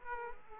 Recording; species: mosquito wingbeat signal from an infrared sensor; Aedes aegypti